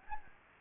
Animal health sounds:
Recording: mosquito wingbeat signal from an infrared sensor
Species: Anopheles gambiae

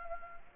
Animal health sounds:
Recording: mosquito wingbeat signal from an infrared sensor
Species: Anopheles gambiae

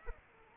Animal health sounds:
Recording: mosquito wingbeat signal from an infrared sensor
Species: Aedes aegypti

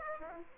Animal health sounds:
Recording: mosquito wingbeat signal from an infrared sensor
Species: Aedes aegypti

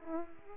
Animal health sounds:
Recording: mosquito wingbeat signal from an infrared sensor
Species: Culex pipiens

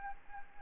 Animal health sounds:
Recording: mosquito wingbeat signal from an infrared sensor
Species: Anopheles arabiensis

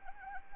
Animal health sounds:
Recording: mosquito wingbeat signal from an infrared sensor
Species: Anopheles arabiensis

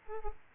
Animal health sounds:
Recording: mosquito wingbeat signal from an infrared sensor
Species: Aedes aegypti

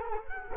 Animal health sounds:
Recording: mosquito wingbeat signal from an infrared sensor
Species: Culex quinquefasciatus

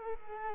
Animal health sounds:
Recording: mosquito wingbeat signal from an infrared sensor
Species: Culex quinquefasciatus

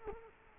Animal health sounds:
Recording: mosquito wingbeat signal from an infrared sensor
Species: Culex quinquefasciatus

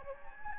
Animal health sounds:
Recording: mosquito wingbeat signal from an infrared sensor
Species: Anopheles gambiae

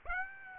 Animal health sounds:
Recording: mosquito wingbeat signal from an infrared sensor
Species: Aedes aegypti

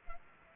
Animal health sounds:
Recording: mosquito wingbeat signal from an infrared sensor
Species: Culex quinquefasciatus

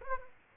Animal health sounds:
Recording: mosquito wingbeat signal from an infrared sensor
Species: Aedes aegypti

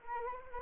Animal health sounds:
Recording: mosquito wingbeat signal from an infrared sensor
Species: Anopheles arabiensis

